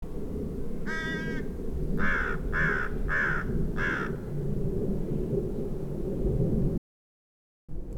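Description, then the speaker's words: American crow caws: one harsh, rasping call, then four more caws, over a steady low rumbling background. At least three birds seen; mixed conifer forest of Douglas fir, ponderosa, lodgepole and limber pine with open rocky areas and little underbrush. "Those things that sound like American crows are in fact American crows."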